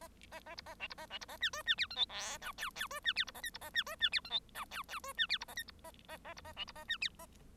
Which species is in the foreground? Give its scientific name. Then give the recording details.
Lonchura striata domestica. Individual Bird1